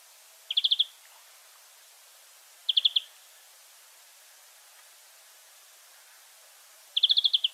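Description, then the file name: European greenfinch giving three crisp, fast trills of several ticking pulses each, spaced a few seconds apart, over quiet background. "Chloris chloris"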